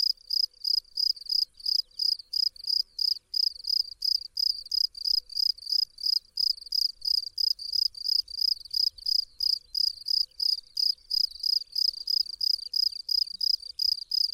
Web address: Tajemnice puszczy Swierscz polny